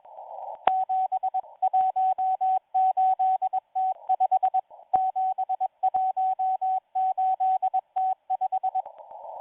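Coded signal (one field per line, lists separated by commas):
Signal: Morse code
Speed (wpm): 20 wpm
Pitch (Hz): 750 Hz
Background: radio noise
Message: 718T5 718T5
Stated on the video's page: Hand-sent live Russian Morse numbers station on 5810 kHz shortwave, received on a WebSDR.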